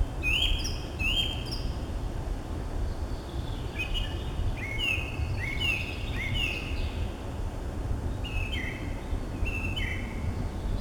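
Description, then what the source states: Song thrush singing varied whistled phrases, several repeated two or three times, with fainter higher notes above and continuous low background rumble. Recorded 23 April 2015.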